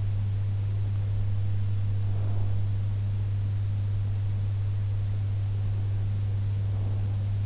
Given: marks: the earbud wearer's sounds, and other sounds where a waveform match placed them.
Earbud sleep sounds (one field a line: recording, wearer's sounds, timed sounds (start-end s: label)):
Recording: sounds in sleep by an in-ear microphone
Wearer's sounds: breath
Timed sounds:
1.83-2.75 s: breath
6.47-7.46 s: breath